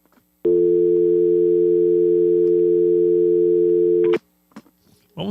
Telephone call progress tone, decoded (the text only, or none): dial tone